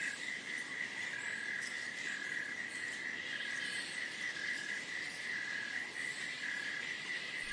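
Cicada song, a steady unbroken buzzing drone held at one high pitch throughout.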